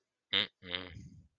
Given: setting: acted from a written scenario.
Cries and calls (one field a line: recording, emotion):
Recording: vocal sound without words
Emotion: disappointment